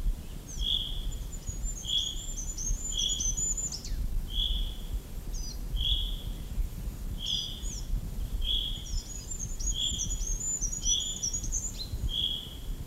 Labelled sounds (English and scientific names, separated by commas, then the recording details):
Common Chaffinch (Fringilla coelebs)
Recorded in the wild
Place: Mežakla, Julijske Alpe, Gorenjska, SI
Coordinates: 46.4, 14
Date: 1967-06-17
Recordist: Brunner, Thomas
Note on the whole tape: Gesang eines Buchfinks